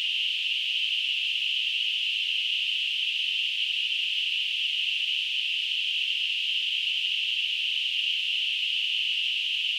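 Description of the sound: A steady, unbroken high-pitched hiss at constant loudness, a band of noise centred around 3 kHz with no pulsing or breaks. A simulation of tinnitus, imitating the constant ringing or hissing some people hear in their ears.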